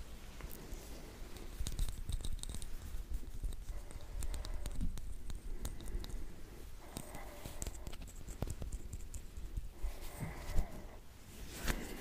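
Dry brushing on skin fills the clip with a soft, dense scratchy rustle. Sharp little taps and clicks come every second or so, with a brighter snap near the ten-second mark, over a low, steady rumble.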